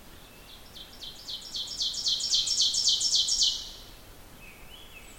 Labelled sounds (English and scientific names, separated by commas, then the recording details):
Ovenbird (Seiurus aurocapilla) song
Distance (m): 10 m
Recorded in boreal forest in Alberta, Canada, on 14 June 2016 at 06:12
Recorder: SongMeter 3, array SBT-3-33
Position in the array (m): 107 m, 21 m
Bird 21